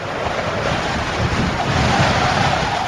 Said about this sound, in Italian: A me già da refrigerio il rumore, la sonorizzazione del condizionatore.